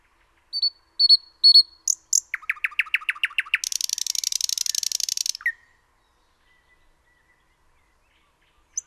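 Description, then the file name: Common nightingale song: three high notes, a fast series of chirps, then a dense harsh buzzy trill, followed by quiet. "Luscinia megarhynchos 180914"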